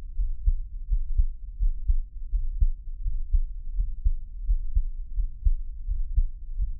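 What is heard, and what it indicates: Soft, muffled low thumps repeat at about 83 beats a minute in a steady rhythm, with a faint low hum underneath. These are heartbeat sounds, with no talking.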